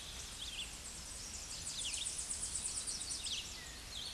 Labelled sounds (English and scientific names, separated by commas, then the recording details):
Tennessee Warbler (Leiothlypis peregrina) song
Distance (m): 40 m
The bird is about 20 m above the microphone
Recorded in a Pennsylvania forest on 16 May 2024 at 07:58
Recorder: AudioMoth, point MSD-2039
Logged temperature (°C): 15.0 °C
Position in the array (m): 69 m, 57 m